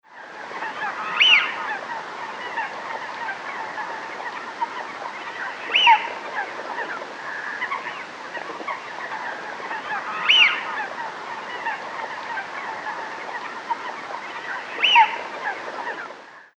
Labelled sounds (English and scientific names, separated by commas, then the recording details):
Eurasian Wigeon (Mareca penelope)
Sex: male
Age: adult
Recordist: Frommolt, Karl-Heinz
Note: Rufe